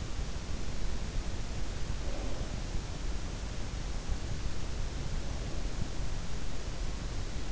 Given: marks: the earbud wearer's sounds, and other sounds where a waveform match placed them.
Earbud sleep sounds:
sounds in sleep by an in-ear microphone; breath
1.61-2.77 s: breath

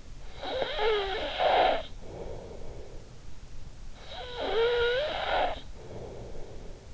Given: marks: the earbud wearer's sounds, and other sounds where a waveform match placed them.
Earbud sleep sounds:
sounds in sleep by an in-ear microphone; snoring breath
0.17-3.63 s: snoring breath
3.88-6.94 s: snoring breath

